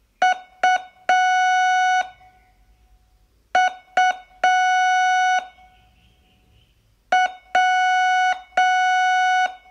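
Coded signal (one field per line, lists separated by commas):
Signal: Morse code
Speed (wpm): 6 wpm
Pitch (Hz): 740 Hz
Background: none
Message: U U W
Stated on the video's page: Morse training lesson, day 12 of a 42-day course.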